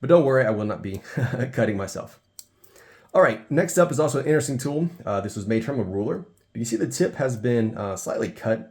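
Someone talks, then in a pause the flat emergency blade of a custom 58mm Swiss Army knife is opened by touching its edge, so its backspring snaps it open with a sharp, brief snap at 2.4 s, followed by a couple of faint ticks. It is opened this way so the snap can be heard and the blade can be seen opening easily. The speech resumes afterward.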